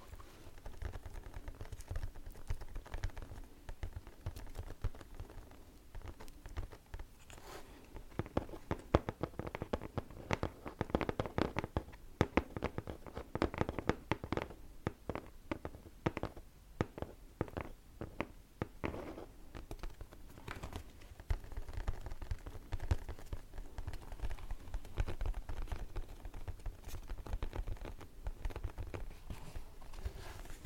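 Dense, irregular tapping clicks run throughout, busiest between about seven and twenty seconds, over a low steady rumble.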